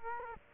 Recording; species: mosquito wingbeat signal from an infrared sensor; Culex quinquefasciatus